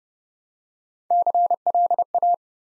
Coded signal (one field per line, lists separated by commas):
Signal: Morse code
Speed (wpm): 30 wpm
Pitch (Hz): 700 Hz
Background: none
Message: CLA